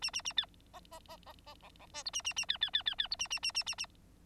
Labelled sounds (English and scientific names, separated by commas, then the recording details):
Bengalese Finch (Lonchura striata domestica) song
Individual Bird9